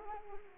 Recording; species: mosquito wingbeat signal from an infrared sensor; Anopheles arabiensis